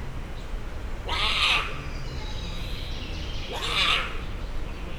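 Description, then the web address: Puma meowing: two short, high, strained calls about two and a half seconds apart, each rising from a lower tone into a bright squeal, over a steady background hiss. Captive puma at a zoo in Szeged, Hungary, 2011, giving longer meowing calls. "szegedizoo 2011 standardt puma"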